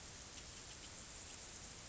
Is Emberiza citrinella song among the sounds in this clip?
no